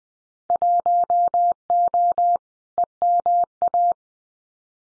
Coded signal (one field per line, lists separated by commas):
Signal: Morse code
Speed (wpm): 20 wpm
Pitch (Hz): 700 Hz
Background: none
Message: 1O EMA